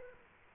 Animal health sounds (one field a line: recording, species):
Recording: mosquito wingbeat signal from an infrared sensor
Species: Culex quinquefasciatus